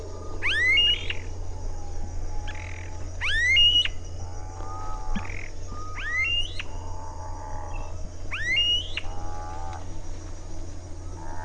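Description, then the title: Smooth-billed ani calling, whining whistles that slur sharply upward, repeated several times, with lower notes between and steady low background hum. "LuckyPassaro Completos2Sama. Smooth-billed Ani (Crotophaga ani)"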